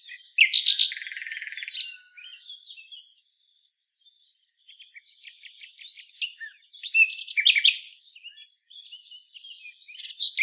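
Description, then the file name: Common nightingale singing varied phrases: a dense buzzy burst, a brief pause, then jumbled chirps, rattles and sharp whistled notes. "Luscinia megarhynchos"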